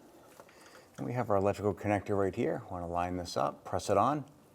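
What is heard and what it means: Someone lines up an electrical harness connector and presses it onto the alternator of a 2005-2007 Ford Five Hundred. A few faint handling sounds come at about 0.4 and 0.5 seconds, then someone talks from about 1.0 second to the end. The connector has not seated or clicked yet.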